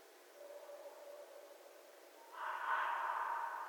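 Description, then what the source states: Red fox giving a harsh, hoarse call that starts after two seconds and holds for over a second, following a faint thin tone and steady background hiss. Recorded 11 January 2012.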